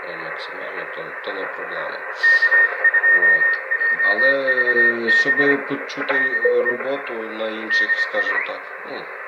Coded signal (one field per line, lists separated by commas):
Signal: Morse code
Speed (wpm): 25 wpm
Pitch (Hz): 1850 Hz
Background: speech, radio noise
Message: K2JVB DE DI